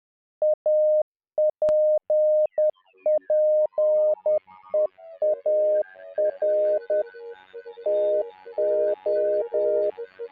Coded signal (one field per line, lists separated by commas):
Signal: Morse code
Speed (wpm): 10 wpm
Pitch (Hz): 610 Hz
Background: music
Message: APPEAR TO